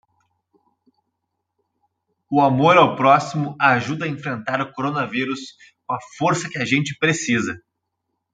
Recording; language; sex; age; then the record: spoken sentence; Brazilian Portuguese; male; 30 to 39 years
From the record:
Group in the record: control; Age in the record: 37 years